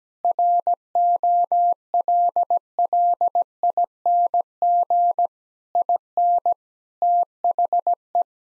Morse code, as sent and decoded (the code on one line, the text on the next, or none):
.-. --- .-.. .-.. .. -. --. / .. -. / - .... .
ROLLING IN THE